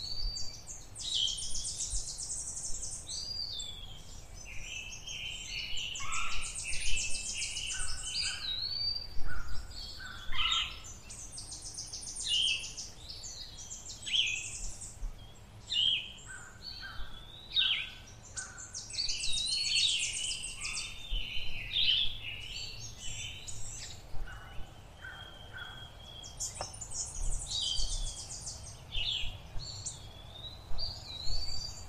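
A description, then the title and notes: Birds sing in a springtime forest, several voices overlapping in quick, bright trills and chirps that rarely pause across the whole half minute. Denser bursts of song come around 2, 7, 19 and 27 seconds, over a steady low rumble of background noise. Field Recording: Bird Songs on Location in a Springtime Forest. The joyous sounds of an isolated forest in springtime. The air is cool, and we are bathed in the surround sound of bird songs.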